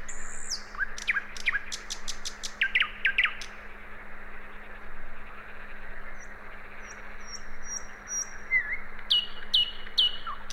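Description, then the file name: Common nightingale singing: a high downslurred whistle, a quick series of loud clicking notes, faint high piping, then sharp repeated notes toward the end, hum in background. "Luscinia megarhynchos"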